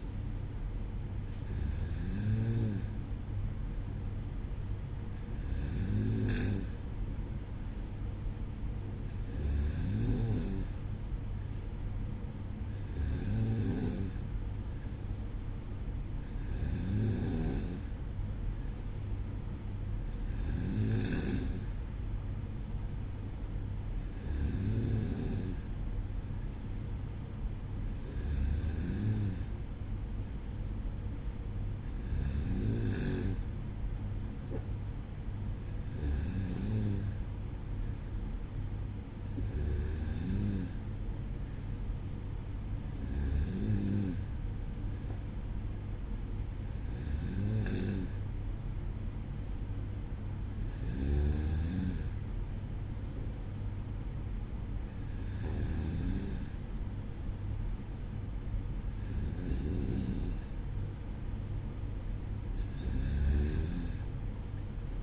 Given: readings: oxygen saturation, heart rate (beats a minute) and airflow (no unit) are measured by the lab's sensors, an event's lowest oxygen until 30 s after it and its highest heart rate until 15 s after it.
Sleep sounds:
breathing in sleep by a smartphone at the bedside; none
none scored
From the record:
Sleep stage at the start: N2 (light sleep); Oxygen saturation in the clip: 94%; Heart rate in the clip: 55 to 57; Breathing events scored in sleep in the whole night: 305 in 9.6 hours asleep

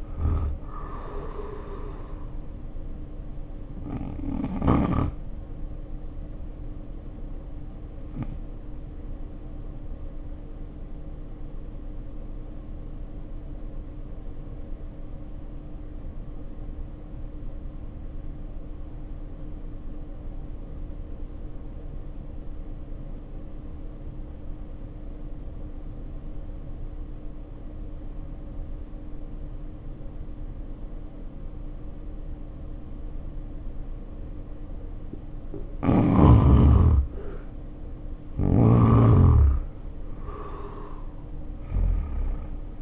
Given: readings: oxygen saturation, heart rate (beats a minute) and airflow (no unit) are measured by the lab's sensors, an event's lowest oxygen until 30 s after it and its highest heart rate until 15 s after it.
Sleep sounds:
breathing in sleep by a smartphone at the bedside; 1
3.00-36.80 s: hypopnea (N1, oxygen 88% highest, then 72% lowest, heart rate 72 at the start, 72 highest)
10.00-40.00 s: new sleep stage, N2 (light sleep)
40.00-42.82 s: new sleep stage, N1 (lightest sleep)
From the record:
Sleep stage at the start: N1 (lightest sleep); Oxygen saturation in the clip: 72 to 88%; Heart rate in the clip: 52 to 73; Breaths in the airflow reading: 12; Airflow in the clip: -1.4 to 2.2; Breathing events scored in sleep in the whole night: 520 in 7.2 hours asleep

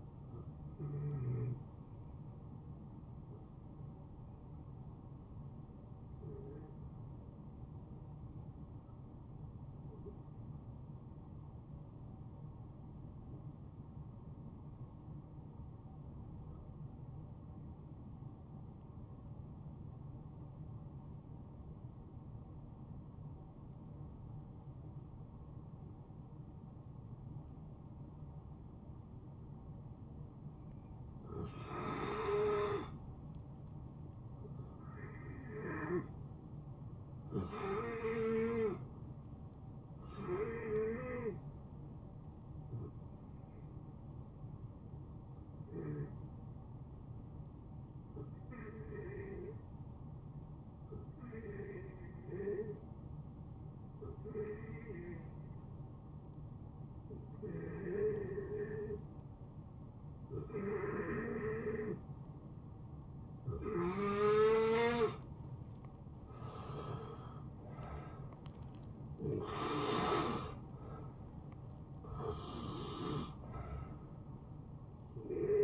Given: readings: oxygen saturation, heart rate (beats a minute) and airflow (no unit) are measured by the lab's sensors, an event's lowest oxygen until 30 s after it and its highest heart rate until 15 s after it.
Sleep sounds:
breathing in sleep by a smartphone at the bedside; 2
4.00-35.30 s: hypopnea (N2, oxygen 94% highest, then 90% lowest, heart rate 72 at the start, 73 highest)
5.00-75.64 s: new sleep stage, N1 (lightest sleep)
50.00-66.90 s: hypopnea (N1, oxygen 93% highest, then 84% lowest, heart rate 69 at the start, 75 highest)
From the record:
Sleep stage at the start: N2 (light sleep); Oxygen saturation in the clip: 87 to 94%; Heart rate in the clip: 51 to 75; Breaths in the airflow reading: 16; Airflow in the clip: -14.7 to 7.5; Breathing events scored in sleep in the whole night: 263 in 5.5 hours asleep

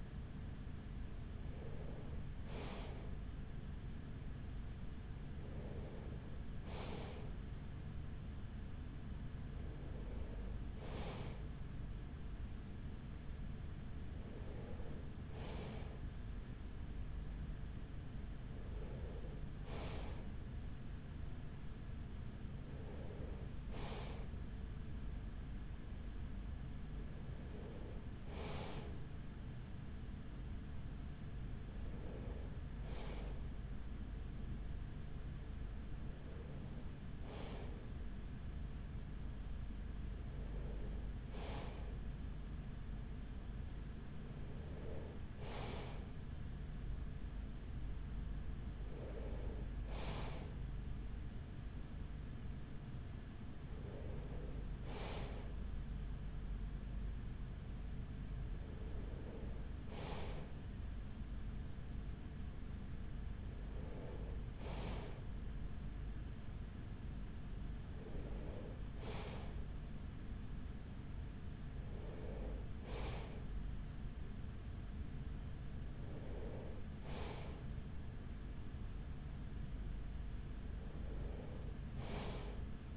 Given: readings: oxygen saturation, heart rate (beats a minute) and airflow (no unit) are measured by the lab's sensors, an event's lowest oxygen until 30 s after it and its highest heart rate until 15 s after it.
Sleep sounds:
breathing in sleep by a smartphone at the bedside; none
25.00-82.97 s: new sleep stage, N2 (light sleep)
From the record:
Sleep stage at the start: N3 (deep sleep); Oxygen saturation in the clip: 94 to 95%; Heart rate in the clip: 42 to 45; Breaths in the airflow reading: 19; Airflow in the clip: -6.3 to 5.7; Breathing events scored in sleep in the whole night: 207 in 7.6 hours asleep

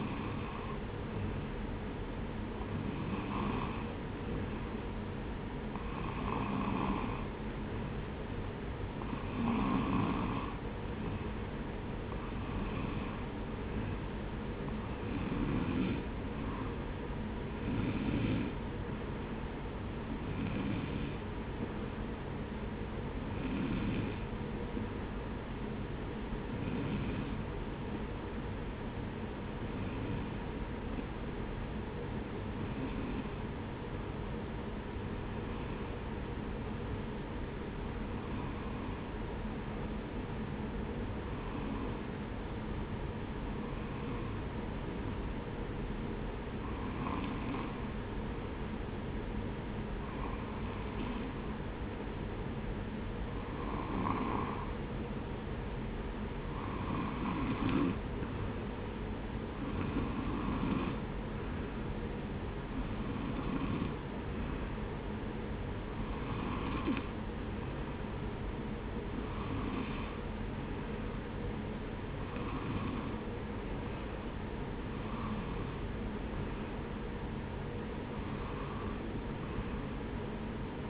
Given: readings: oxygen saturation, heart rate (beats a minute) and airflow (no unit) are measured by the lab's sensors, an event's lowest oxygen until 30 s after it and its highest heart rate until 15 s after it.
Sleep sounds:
breathing in sleep by a voice recorder at the bedside; none
none scored
From the record:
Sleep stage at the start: N2 (light sleep); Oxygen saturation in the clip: 92 to 94%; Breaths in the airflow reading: 30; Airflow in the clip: -1.0 to 1.1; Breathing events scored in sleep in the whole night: 335 in 6.7 hours asleep

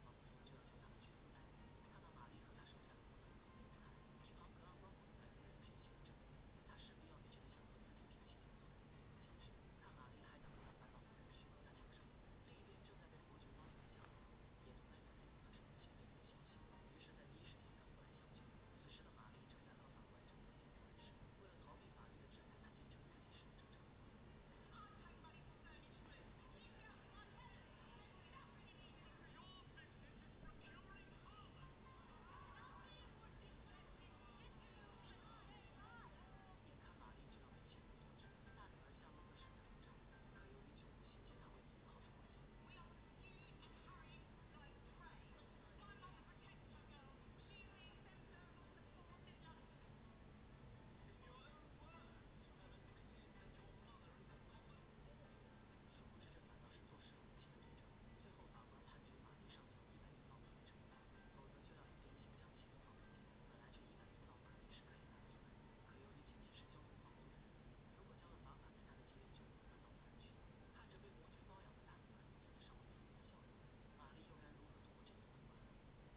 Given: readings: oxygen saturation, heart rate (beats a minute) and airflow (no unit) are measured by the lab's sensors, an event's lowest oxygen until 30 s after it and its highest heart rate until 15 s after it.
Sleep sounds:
a person awake in a sleep study, by a voice recorder at the bedside; none
0.00-76.17 s: awake
0.00-76.17 s: awake
From the record:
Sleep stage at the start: awake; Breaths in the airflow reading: 21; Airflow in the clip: -0.8 to 0.8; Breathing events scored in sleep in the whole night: 496 in 5.4 hours asleep

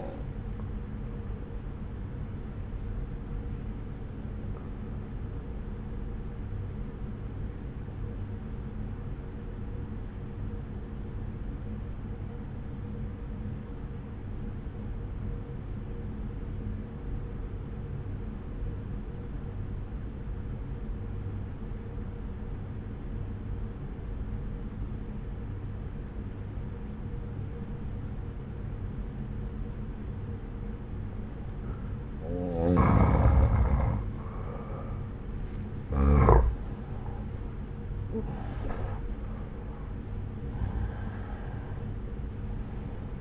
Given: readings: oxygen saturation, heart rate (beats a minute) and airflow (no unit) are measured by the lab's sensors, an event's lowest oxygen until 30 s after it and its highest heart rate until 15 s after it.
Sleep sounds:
breathing in sleep by a smartphone at the bedside; 1
5.00-33.90 s: obstructive apnea (N1, oxygen 95% highest, then 87% lowest)
From the record:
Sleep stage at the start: N1 (lightest sleep); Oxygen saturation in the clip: 85 to 95%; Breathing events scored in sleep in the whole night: 303 in 8.1 hours asleep

